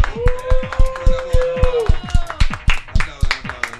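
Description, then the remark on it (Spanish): A studio audience at a radio program applauds with brisk, steady clapping, the sharp claps overlapping in a quick rhythm, while a held vocal tone or whistle sounds through the first half. “Aplauden.”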